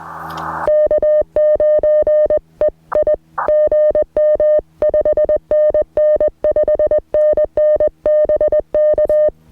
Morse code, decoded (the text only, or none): K9EI GM 5NN 5NN BK